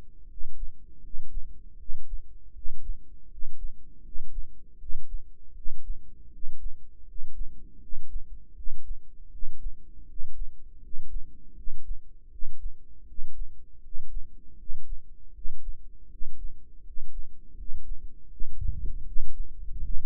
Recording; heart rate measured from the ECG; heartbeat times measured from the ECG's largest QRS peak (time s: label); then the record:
heart sounds by microphone in the right ear; 80 bpm
0.26 s: heartbeat
1.00 s: heartbeat
1.76 s: heartbeat
2.52 s: heartbeat
3.27 s: heartbeat
4.01 s: heartbeat
4.77 s: heartbeat
5.53 s: heartbeat
6.29 s: heartbeat
7.04 s: heartbeat
7.79 s: heartbeat
8.54 s: heartbeat
9.29 s: heartbeat
10.05 s: heartbeat
10.79 s: heartbeat
11.54 s: heartbeat
12.29 s: heartbeat
13.05 s: heartbeat
13.80 s: heartbeat
14.56 s: heartbeat
15.32 s: heartbeat
16.08 s: heartbeat
16.82 s: heartbeat
17.55 s: heartbeat
18.28 s: heartbeat
19.03 s: heartbeat
19.80 s: heartbeat
From the record:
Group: healthy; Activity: rest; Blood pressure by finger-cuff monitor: 116/79 mmHg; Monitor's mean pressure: 87 mmHg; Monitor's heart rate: 79 bpm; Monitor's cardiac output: 6.6 L/min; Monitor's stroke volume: 83 mL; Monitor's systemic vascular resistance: 960 dyn s/cm5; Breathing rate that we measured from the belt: 18 breaths a minute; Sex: male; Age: 35 years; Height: 180 cm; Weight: 86.9 kg